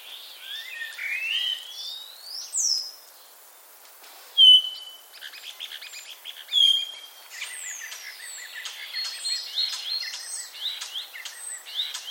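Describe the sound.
Common starling chattering song: a mix of rising slurred whistles, sharp clicks and buzzy notes, with a bright whistle near the middle and dense rattling phrases toward the end.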